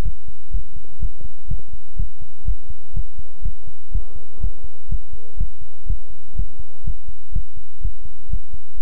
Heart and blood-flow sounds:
heart sounds by stethoscope; between the tricuspid and mitral areas; 123 bpm
0.02 s: heartbeat
0.51 s: heartbeat
0.99 s: heartbeat
1.48 s: heartbeat
1.96 s: heartbeat
2.45 s: heartbeat
2.93 s: heartbeat
3.42 s: heartbeat
3.91 s: heartbeat
4.40 s: heartbeat
4.88 s: heartbeat
5.37 s: heartbeat
5.86 s: heartbeat
6.35 s: heartbeat
6.83 s: heartbeat
7.32 s: heartbeat
7.80 s: heartbeat
8.29 s: heartbeat
8.77 s: heartbeat
From the record:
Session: pedaling a stationary bicycle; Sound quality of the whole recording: good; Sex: male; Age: 24 years

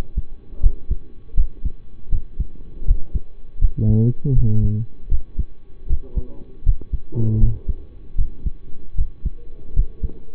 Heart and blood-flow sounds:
heart sounds by stethoscope; between the tricuspid and mitral areas; 79 bpm
0.60 s: heartbeat
1.34 s: heartbeat
2.09 s: heartbeat
2.84 s: heartbeat
3.58 s: heartbeat
4.33 s: heartbeat
5.08 s: heartbeat
5.87 s: heartbeat
6.63 s: heartbeat
7.38 s: heartbeat
8.15 s: heartbeat
8.95 s: heartbeat
9.73 s: heartbeat
From the record:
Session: rest, lying down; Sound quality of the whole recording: partially saturated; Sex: male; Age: 25 years

